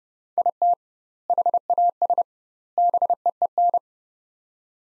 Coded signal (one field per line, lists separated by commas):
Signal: Morse code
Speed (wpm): 30 wpm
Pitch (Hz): 700 Hz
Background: none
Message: IT HAS BEEN